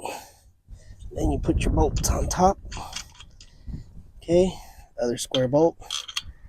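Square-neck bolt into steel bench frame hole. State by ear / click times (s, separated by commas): seated / 6.2 s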